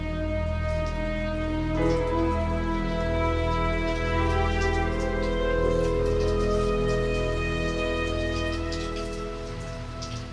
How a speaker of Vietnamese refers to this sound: Những tiếng mưa rơi rả rích vào ngày cuối tuần phá tan đi cái không gian vốn dĩ yên ắng và tĩnh mịch của khu rìa ngoại ô Komagomi.